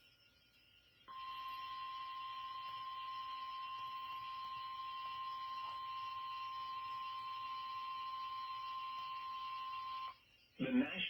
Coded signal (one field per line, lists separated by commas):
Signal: Emergency Alert System (SAME) tones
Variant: 1050 Hz attention tone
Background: speech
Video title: EAS#161 Severe Thunderstorm Warning on WXK23 in Lufkin, TX (12/13/2022).